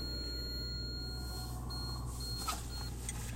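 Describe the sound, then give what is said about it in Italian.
A car's seatbelt warning alarm, triggered by a backpack on the passenger seat, sounds as a thin, high-pitched electronic beep, holding steady with brief breaks, over a constant low engine rumble. “Mentre suona uno strano allarme, probabilmente la macchina è convinta che io abbia un passeggero nel sedile accanto, in realtà è il mio zaino.”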